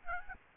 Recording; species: mosquito wingbeat signal from an infrared sensor; Aedes aegypti